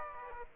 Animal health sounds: mosquito wingbeat signal from an infrared sensor; Aedes aegypti

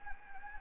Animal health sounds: mosquito wingbeat signal from an infrared sensor; Anopheles gambiae

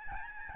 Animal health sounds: mosquito wingbeat signal from an infrared sensor; Aedes albopictus

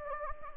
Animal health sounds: mosquito wingbeat signal from an infrared sensor; Anopheles gambiae

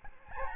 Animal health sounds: mosquito wingbeat signal from an infrared sensor; Aedes albopictus

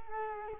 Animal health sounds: mosquito wingbeat signal from an infrared sensor; Culex quinquefasciatus

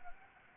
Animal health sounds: mosquito wingbeat signal from an infrared sensor; Anopheles gambiae

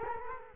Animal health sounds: mosquito wingbeat signal from an infrared sensor; Culex quinquefasciatus

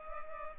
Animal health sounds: mosquito wingbeat signal from an infrared sensor; Culex pipiens

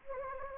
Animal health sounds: mosquito wingbeat signal from an infrared sensor; Anopheles gambiae

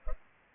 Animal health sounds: mosquito wingbeat signal from an infrared sensor; Culex pipiens

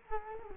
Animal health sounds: mosquito wingbeat signal from an infrared sensor; Culex quinquefasciatus

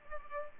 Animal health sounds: mosquito wingbeat signal from an infrared sensor; Culex pipiens

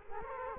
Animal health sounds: mosquito wingbeat signal from an infrared sensor; Culex quinquefasciatus

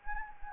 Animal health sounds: mosquito wingbeat signal from an infrared sensor; Anopheles gambiae

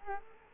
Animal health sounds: mosquito wingbeat signal from an infrared sensor; Culex quinquefasciatus

